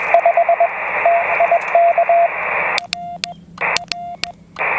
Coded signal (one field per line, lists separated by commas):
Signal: Morse code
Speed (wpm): 21 wpm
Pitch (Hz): 680 Hz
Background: radio noise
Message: 5 TIK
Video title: 15000km QRP DX via Solderless Breadboard ATU